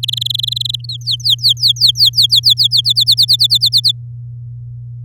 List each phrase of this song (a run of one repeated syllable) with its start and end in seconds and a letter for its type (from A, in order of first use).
0.03-0.76 A, 0.84-2.67 B, 2.71-3.92 C